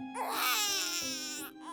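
A single loud, sustained infant wail lasting about one and a half seconds, high-pitched and strongly voiced with a steady tone, followed by the start of another cry. A typical baby cry; all types of crying communicate some need.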